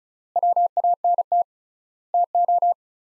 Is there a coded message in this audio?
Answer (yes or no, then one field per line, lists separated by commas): yes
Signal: Morse code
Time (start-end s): 0.4-2.7 s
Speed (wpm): 36 wpm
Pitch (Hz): 700 Hz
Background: none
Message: WANT TO